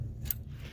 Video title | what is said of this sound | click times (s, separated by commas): 2018-2024 Chevy Equinox Battery Replacement (computer on the side) | and then reinstall the little clip on the side, and it'll click. | 0.3 s